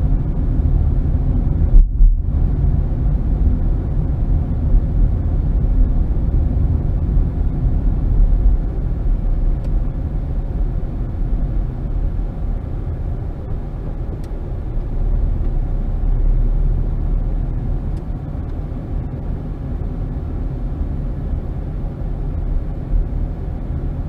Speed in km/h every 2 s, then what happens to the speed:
35, 35, 34, 34, 31, 27, 19, 18, 23, 26, 24, 23.
0-6 steady at about 34. 6-13 slows to 18. 13-18 speeds up to 26. 18-24 steady at about 24.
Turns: none.